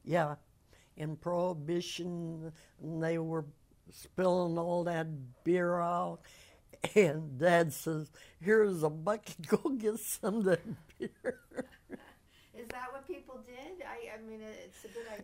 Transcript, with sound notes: Yeah, in Prohibition they were spilling all that beer out, and Dad says, here's a bucket, go get some of that (laughs)
Is that what people did? I mean it's a good idea.